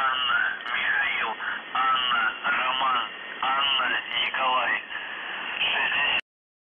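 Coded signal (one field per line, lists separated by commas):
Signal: coded military voice message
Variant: UVB-76, Russian voice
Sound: a voice reading a short message over a narrow, noisy radio channel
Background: radio static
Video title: The Buzzer/UVB-76(4625Khz) May 5, 2021 12:36UTC Voice message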